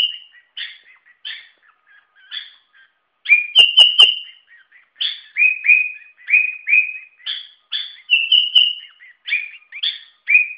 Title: Suara Burung Kutilang